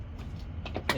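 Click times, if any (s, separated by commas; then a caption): 0.7 s, 0.9 s. A wheel is pushed onto a Milwaukee Packout plastic tool-box dolly frame until it locks into place. Over a low steady hum, a sharp click lands at 0.7 s and a louder, brighter snap at 0.9 s as the wheel seats.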